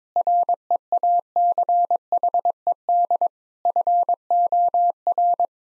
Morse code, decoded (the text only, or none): REACHED FOR